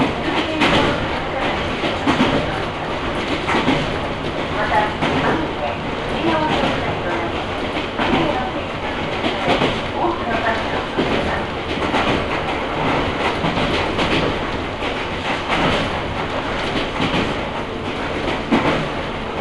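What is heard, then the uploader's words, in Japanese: A train on the Ohmi Railway rolls steadily along, its dense rumble holding an even level throughout. Faint rhythmic clicks and knocks from the wheels and cars run through the noise, with occasional brief rattles and squeaks rising above the constant roar. 近江鉄道 高宮→彦根→八日市。高宮での待ち時間が長いこともあって一旦彦根まで戻り、再び本線に戻って八日市へと向かいます。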